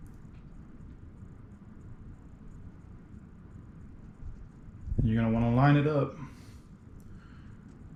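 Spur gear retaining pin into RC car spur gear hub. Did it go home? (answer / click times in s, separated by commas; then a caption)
no / none. A spur gear retaining pin is stuck into the spur gear hub of a Traxxas 4Tec 2.0 brushless RC car and handled into position to be lined up with the groove. Over low steady background noise, there are faint ticks near 0.1 s and 7.0 s, and someone talks briefly between about 5 and 6 s. Nothing has seated or clicked yet.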